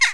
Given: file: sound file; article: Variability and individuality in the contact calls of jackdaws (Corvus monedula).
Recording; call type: jackdaw call; harmonic